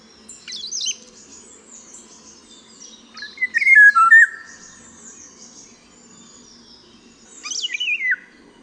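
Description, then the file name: Eurasian golden oriole song: a loud, fluty whistled phrase sliding downward, with brief high thin notes before and after. "WILGA"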